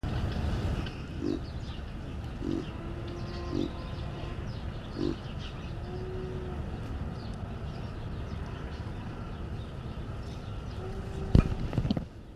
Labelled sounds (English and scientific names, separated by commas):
Chacma Baboon (Papio ursinus) call